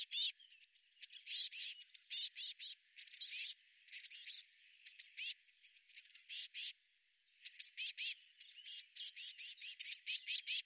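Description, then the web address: Eurasian blue tit calls: sharp, high-pitched notes in short rapid groups, repeated in uneven bursts with brief silences between them. "cianscape birddata Deverinetal 2025 File cleaned normalized Bird Cy Ca"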